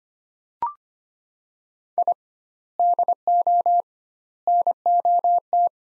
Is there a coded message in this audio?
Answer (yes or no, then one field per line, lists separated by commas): yes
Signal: Morse code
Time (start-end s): 2.0-5.7 s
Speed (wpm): 25 wpm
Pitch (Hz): 700 Hz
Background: none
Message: I DO NOT